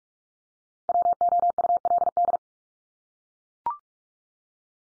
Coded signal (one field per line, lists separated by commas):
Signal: Morse code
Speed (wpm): 44 wpm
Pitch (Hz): 700 Hz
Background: none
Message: WOULD